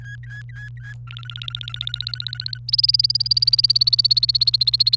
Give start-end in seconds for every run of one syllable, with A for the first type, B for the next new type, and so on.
0.00-0.93 A, 1.07-2.58 B, 2.68-4.97 C